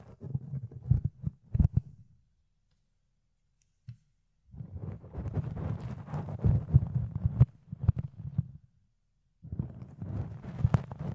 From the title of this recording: Fluffy Ear Cleaning, Ear Picking